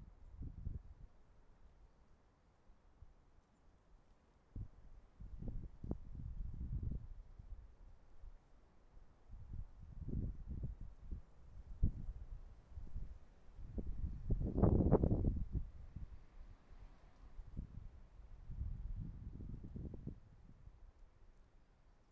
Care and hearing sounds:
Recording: everyday scene through a hearing-aid microphone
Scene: wind on the microphone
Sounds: wind, traffic, birds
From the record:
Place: suburban garden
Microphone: behind the ear, right, front

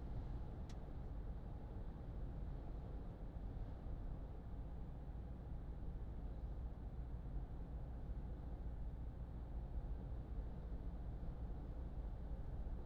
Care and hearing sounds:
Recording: everyday scene through a hearing-aid microphone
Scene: in a vehicle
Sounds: engine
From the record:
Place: Berlingo II, diesel engine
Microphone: in the ear canal, left

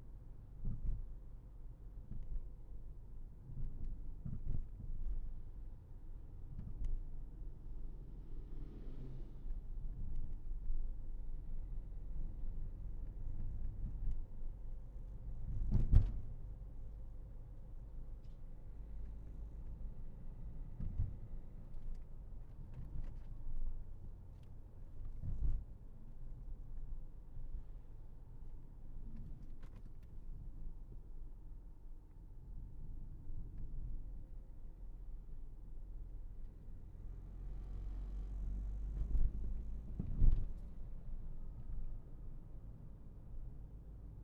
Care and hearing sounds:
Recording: everyday scene through a hearing-aid microphone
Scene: in a vehicle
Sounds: engine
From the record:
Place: Berlingo II, diesel engine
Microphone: behind the ear, left, rear

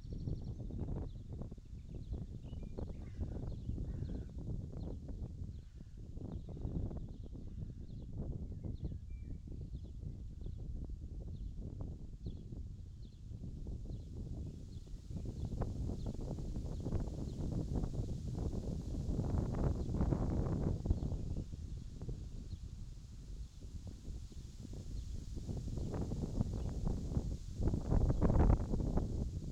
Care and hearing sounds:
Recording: everyday scene through a hearing-aid microphone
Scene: wind on the microphone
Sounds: wind, birds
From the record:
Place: in front of a rural house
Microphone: in the ear canal, left

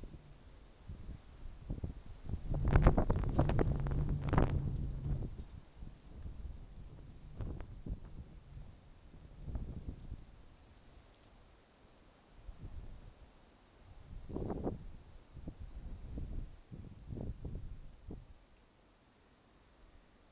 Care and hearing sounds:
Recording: everyday scene through a hearing-aid microphone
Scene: wind on the microphone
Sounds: wind, traffic, birds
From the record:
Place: suburban garden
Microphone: in the ear canal, right

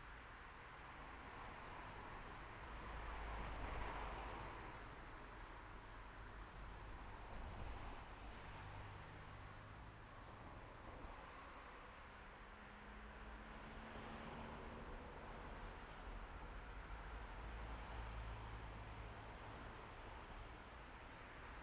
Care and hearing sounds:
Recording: everyday scene through a hearing-aid microphone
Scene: in traffic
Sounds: traffic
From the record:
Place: main road on the outskirts, rush hour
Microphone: behind the ear, left, front

